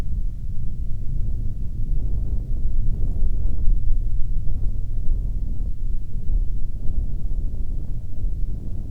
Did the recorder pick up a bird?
no